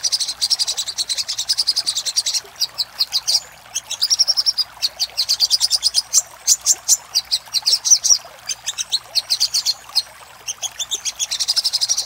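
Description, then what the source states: Little spiderhunter song: long runs of sharp, high chips delivered rapidly, with a brief pause near ten seconds. Master recording for training cage birds; labelled Labaik.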